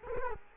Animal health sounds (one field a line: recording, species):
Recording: mosquito wingbeat signal from an infrared sensor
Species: Culex quinquefasciatus